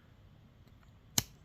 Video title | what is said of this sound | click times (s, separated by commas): Fullsize jeep grand wagoneer door hardware refresh | Press down and then twist. And see, then it's locked | 1.2 s